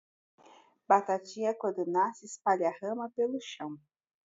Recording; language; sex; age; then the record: short text; Brazilian Portuguese; female; 40 to 49 years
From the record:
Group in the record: control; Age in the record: 47 years